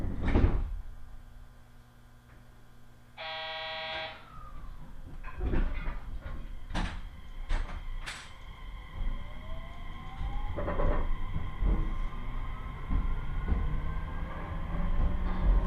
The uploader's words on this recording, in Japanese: 耳で楽しむ鉄道旅 予讃線 壬生川→今治。壬生川駅から今治駅までは普通列車で移動します。やってきたのは7000系+7100系電車の松山行きで、今治まで先行します。